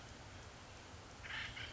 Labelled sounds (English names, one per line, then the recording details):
Acorn Woodpecker
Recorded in Sonoma County, California